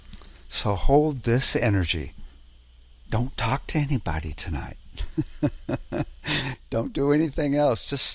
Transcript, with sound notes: So hold this energy. Don't talk to anybody tonight. (laughs) Don't do anything else.